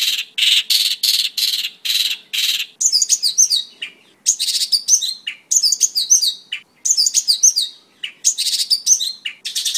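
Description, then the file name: Pakling: songbird song opening with a series of harsh rasping notes, followed by intricate high twittering phrases repeated in quick succession. Song-tutor (kicau master) recording of the pakling for training cage birds. "kicau master pakling omkicau"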